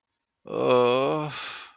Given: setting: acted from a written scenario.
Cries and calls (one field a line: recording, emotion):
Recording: vocal sound without words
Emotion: embarrassment